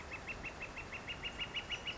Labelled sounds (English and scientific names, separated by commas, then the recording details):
Northern Flicker (Colaptes auratus)
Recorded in Sonoma County, California